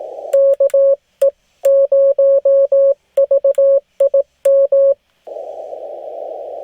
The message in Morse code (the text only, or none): KE0VIM